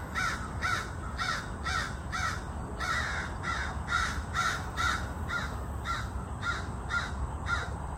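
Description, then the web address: Crows cawing: harsh, hoarse caws repeated about twice a second in a steady, insistent series, over a low rumbling background. Crows harassing a great horned owl. "scoutisland. crows harassing great horned owl"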